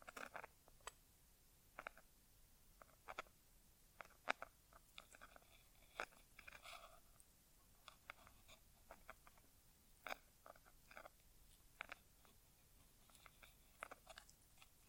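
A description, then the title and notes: Quiet ear exam sounds made of sharp, irregular crackles and taps, a few every second, some brighter rustling bursts, over a soft hiss. ASMR Inner Ear Exam (No Talking).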